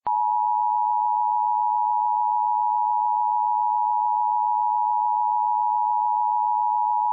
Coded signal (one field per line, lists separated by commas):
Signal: Emergency Alert System (SAME) tones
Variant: 853 and 960 Hz attention tone